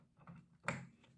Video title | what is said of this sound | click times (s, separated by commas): Unboxing and Assembly of the VIVO Electric Height Adjustable 48 x 30 inch Standing Desk from Amazon | and there you go snaps right in | 0.7 s